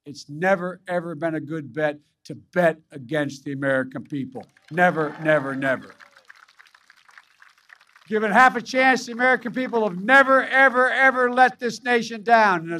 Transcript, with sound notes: It’s never, ever been a good bet to bet against the American people. Never, never, never. (Applause.) Given half a chance, the American people have never, ever, ever, ever let this nation down.